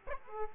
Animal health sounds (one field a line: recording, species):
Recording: mosquito wingbeat signal from an infrared sensor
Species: Aedes aegypti